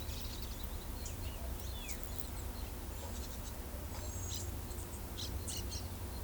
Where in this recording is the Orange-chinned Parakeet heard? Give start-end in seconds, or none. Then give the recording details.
4.29-5.82. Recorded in pastures near Pivijay, Magdalena, Colombia, on 1 June 2023 at 10:30. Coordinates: 10.456, -74.369. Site P6-G026